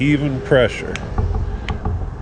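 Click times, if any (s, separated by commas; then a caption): 1.7 s. A click-type torque wrench set to 14 Nm is pulled slowly and evenly on a winch electrical wiring terminal nut while someone talks. The wrench gives a sharp click at 1.7 s as it reaches the setting, confirming the nut is torqued.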